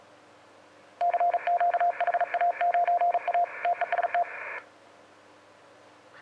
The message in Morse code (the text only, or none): CQ HA9A TEST